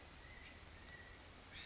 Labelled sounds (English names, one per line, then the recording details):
California Quail
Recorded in Sonoma County, California